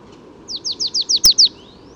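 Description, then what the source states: Marsh Tit song: a single phrase of seven high, down-slurred notes in even rhythm, with one sharp click midway. Spring morning; third marsh tit heard that morning; only resident birds singing, migrants not yet arrived; birds well fed at feeders begin singing as soon as mild weather arrives.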